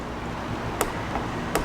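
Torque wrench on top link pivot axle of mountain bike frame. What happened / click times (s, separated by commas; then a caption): Torque wrench clicked twice at set torque / 0.8 s, 1.5 s. A torque wrench set to 7 Newton meters tightens the metal pivot axle bolt on the top link of an INTENSE Tazer MX mountain bike frame. Two short, sharp wrench clicks sound at 0.8 s and 1.6 s over a low steady background, confirming the bolt has reached torque.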